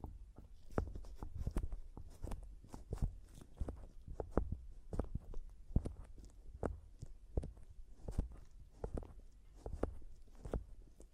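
A microphone is tapped and scratched in quick irregular bursts, sharp clicks over a low thumping rumble that continues throughout.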